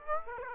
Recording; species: mosquito wingbeat signal from an infrared sensor; Aedes aegypti